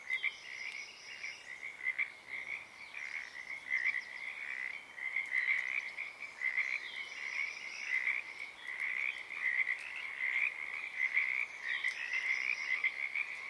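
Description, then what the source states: Pacific tree frogs calling in chorus, rasping croaks swelling and ebbing in waves. Chorus starting and stopping at Oaks Bottom Wildlife Refuge, Portland, Oregon, USA, on the morning of Friday April 7, 2023; uncommon at that time of day.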